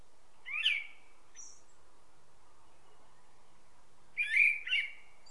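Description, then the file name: Common blackbird giving a sharp chirping note, then after a long pause a pair of harsher chirped bursts, with quiet hiss throughout. "Turdus merula"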